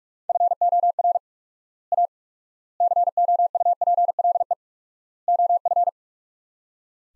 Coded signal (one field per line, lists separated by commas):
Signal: Morse code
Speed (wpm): 45 wpm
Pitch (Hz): 700 Hz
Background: none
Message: FOR A COUPLE OF